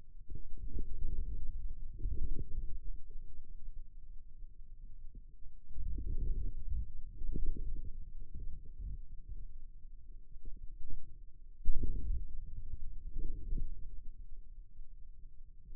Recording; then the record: forearm muscle sounds (acoustic myography)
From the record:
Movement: inward rotation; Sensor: system 2, bracelet of six BSWA MPA416 microphones around the upper forearm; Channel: 2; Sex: male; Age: 22 years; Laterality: right